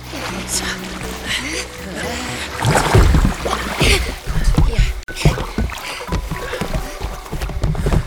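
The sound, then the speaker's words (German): A rowboat comes in against a wooden jetty on a lake shore: water sloshes and laps while hollow wooden knocks and bumps ring out irregularly, with people speaking over the noise. “Los, wir legen an.”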